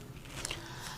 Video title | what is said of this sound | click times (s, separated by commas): braun epilator hair removal।epilator vs waxing। braun epilator। braun epilator hair removal reviews | इस तरह से lock की आवाज़ के साथ ये बंद हो जाएगा। | 0.5 s